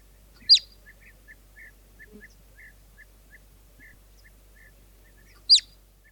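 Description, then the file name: Marmot whistling twice, each a sharp high downward-sweeping note about five seconds apart, with soft faint chirps ticking between them. "Golosa ptic i zverei - Surok"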